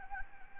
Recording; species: mosquito wingbeat signal from an infrared sensor; Anopheles gambiae